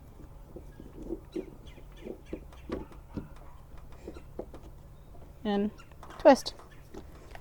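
An LED headlight bulb for a 2011-2015 Chevy Cruze LS 1.8 is put back into the headlight housing hole and lined up before being twisted to lock, while someone talks. Soft handling taps and rustles are heard throughout, with louder bursts near 5.5 and 6.3 seconds. Nothing has seated or clicked yet.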